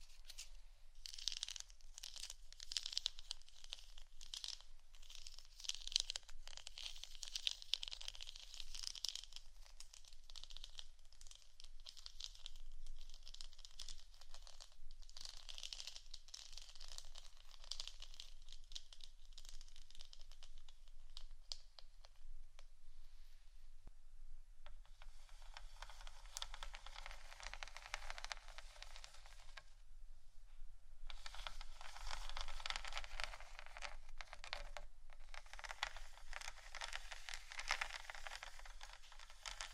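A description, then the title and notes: ASMR scratching: dense, rapid scratching strokes with a crisp, papery crinkle, bright and hissy with nothing in the low range. The scratching runs continuously for forty seconds, shifting in texture around the midpoint, thinning briefly near 24 seconds and again near 31 before resuming strongly. ASMR scratching For Sleep & Study（No Talking）.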